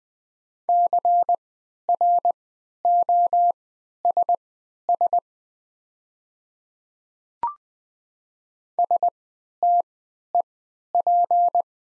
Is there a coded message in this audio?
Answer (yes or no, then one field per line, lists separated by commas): yes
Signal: Morse code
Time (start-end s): 0.7-11.6 s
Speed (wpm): 20 wpm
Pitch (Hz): 700 Hz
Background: none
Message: CROSS STEP